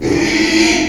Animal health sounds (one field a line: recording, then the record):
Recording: squeal of a Yucatan mini pig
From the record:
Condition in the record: after surgery on the right vocal fold (resection and tissue-engineered implant)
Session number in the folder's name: 2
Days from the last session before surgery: 13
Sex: male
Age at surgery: 12 weeks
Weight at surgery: 13 kg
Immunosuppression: cyclosporine, prednisolone